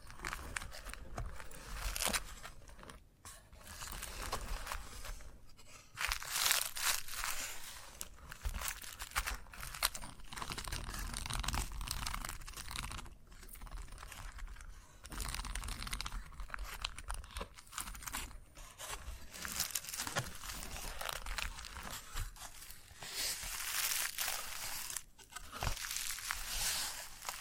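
Chalk is scraped and scratched in dense, gritty strokes that run almost without pause for the whole stretch, bright and hissy with a rough low rumble underneath. Brief gaps near 3, 13 and 25 seconds break the rhythm, and a sharp tap lands around 26 seconds.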